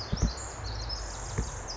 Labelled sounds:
Pacific Wren (Troglodytes pacificus)
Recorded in Sonoma County, California

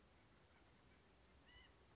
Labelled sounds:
White-breasted Nuthatch (Sitta carolinensis)
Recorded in Sonoma County, California

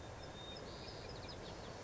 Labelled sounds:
White-crowned Sparrow (Zonotrichia leucophrys)
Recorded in Sonoma County, California

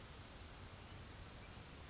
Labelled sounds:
Grasshopper Sparrow (Ammodramus savannarum)
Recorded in Sonoma County, California

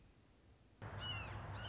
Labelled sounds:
Red-shouldered Hawk (Buteo lineatus)
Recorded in Sonoma County, California

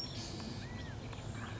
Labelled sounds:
California Quail (Callipepla californica)
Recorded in Sonoma County, California

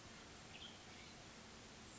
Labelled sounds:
Western Tanager (Piranga ludoviciana)
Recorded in Sonoma County, California

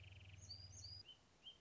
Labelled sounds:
Wrentit (Chamaea fasciata)
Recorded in Sonoma County, California

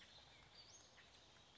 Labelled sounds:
Western Flycatcher (Empidonax difficilis)
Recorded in Sonoma County, California

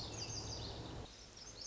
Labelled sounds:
Lazuli Bunting (Passerina amoena)
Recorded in Sonoma County, California

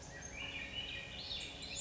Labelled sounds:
Swainson's Thrush (Catharus ustulatus)
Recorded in Sonoma County, California

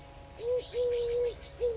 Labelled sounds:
Eurasian Collared Dove (Streptopelia decaocto)
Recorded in Sonoma County, California

